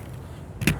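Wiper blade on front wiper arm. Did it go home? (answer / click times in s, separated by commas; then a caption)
yes / 0.7 s. A front windshield wiper blade adapter on a 2019–2023 fourth-generation Hyundai Santa Fe is hooked through the wiper arm and pressed firmly up against its tendency to pivot. After a quiet stretch of low background noise, a faint tick at about 0.6 s leads into a sharp, bright snap at 0.7 s as the adapter seats onto the arm. The blade is locked in place.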